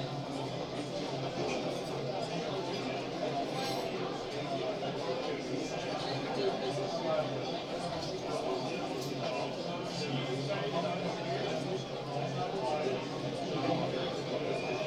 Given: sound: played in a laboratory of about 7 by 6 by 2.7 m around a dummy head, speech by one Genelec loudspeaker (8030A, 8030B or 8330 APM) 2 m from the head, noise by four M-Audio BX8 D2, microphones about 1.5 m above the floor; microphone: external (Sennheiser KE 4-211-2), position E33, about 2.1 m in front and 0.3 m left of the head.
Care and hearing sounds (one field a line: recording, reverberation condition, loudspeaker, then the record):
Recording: cafeteria noise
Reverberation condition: low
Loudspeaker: four, about 170 cm from the corners of the room and facing them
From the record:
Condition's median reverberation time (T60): about 310 ms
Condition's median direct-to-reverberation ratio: about 3.5 dB